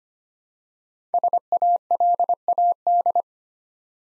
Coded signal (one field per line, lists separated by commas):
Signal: Morse code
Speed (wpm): 25 wpm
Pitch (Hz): 700 Hz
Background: none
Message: SALAD